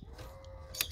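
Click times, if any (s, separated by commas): 0.8 s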